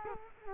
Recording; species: mosquito wingbeat signal from an infrared sensor; Culex quinquefasciatus